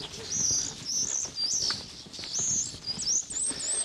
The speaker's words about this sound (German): Guck mal, wie der da oben balzt auf dem Dach und der da oben auf dem Dach, der balzt genauso. So mit Flügeln und Schlagen und geht jetzt hier richtig ab.